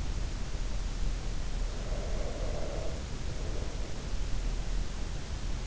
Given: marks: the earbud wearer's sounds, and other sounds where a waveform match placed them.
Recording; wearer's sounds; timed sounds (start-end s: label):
sounds in sleep by an in-ear microphone; breath
1.49-4.48 s: breath